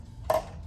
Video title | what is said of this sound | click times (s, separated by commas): 2023 Nautique G21 For Sale at MarineMax Rogers, MN | just a nice ease of use with this locks into place like so | 0.3 s